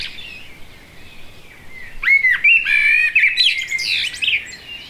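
Blackbird song, a quiet soft warble at first, then a louder burst of rich fluty phrases and high squeaky twitters after two seconds.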